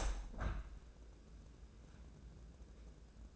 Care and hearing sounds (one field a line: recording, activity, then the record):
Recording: daily activity, microphone in the room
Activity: open window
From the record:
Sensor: 2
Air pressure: 1012.1 hPa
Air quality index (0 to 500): 93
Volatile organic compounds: 1 ppm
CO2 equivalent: 708 ppm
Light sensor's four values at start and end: 112/268/111/111 and 111/266/110/110